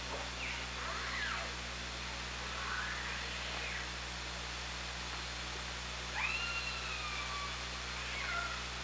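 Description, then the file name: Orca calls underwater: several bending tonal calls with harmonics, one clear rising-then-level call in the second half, over steady hydrophone hiss and low hum. Recorded by hydrophone on 24 August 2017 around 18:15. "Orca Lab"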